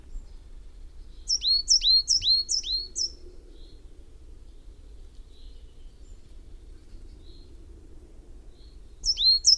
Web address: wroblowe ptaki periparus ater